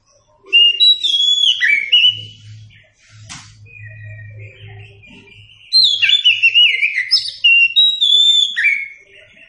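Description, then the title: Oriental magpie-robin song: two loud bursts of varied whistled and warbled phrases separated by quieter notes, a sharp click and a low droning hum. Song used for training captive birds. "Masteran Burung Kacer"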